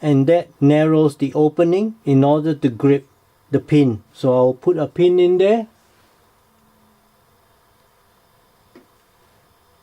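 Someone talks for about six seconds, then near silence follows. A gold-plated copper needle pin from a MECHANIC SW-5S tin-dragging needle set is pushed into the collet opening of a pen-style holder, to be twisted tight afterwards. A single faint, short tap is heard at 8.8 s, but nothing has seated or clicked yet.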